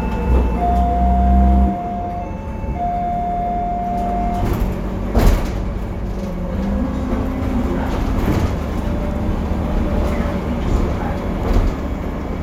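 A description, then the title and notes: Inside a bus in Istanbul, a steady low engine rumble runs throughout. A whining tone sounds over the first few seconds, then sharp knocks and door-like thuds land near five and eight seconds, with smaller rattles scattered between. Public Transport in Istanbul. BredaMenarinibus Avancity+ CNG (Karsan).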